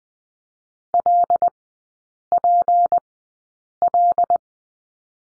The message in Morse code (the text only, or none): LPL